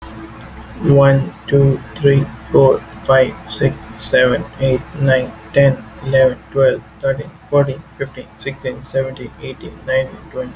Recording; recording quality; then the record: counting at a fast pace; excellent, no background noise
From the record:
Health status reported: respiratory illness, not identified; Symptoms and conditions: asthma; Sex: male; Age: 27 years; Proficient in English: yes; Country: India